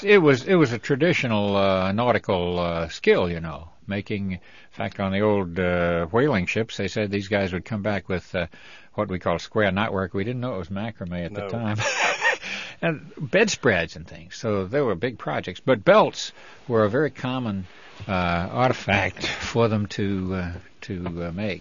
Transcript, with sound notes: It was, it was a traditional nautical skill, you know, making, in fact on the old whaling ships, they said these guys would come back with what we call square knot work. We didn't know it was macrame at the time. (he laughs)
No.
And bedspreads and things. So there were big projects. But belts were a very common artifact for them to, to make.